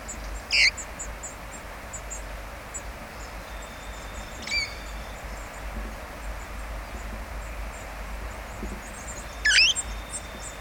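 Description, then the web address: Red-fronted parrot uttering three sharp screechy calls at uneven gaps, the middle one softer, over a constant background hiss and faint high chirps. "parrots poicephalus-gulielmi"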